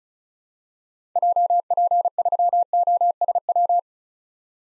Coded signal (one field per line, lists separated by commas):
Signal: Morse code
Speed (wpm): 36 wpm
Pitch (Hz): 700 Hz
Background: none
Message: JP3OSW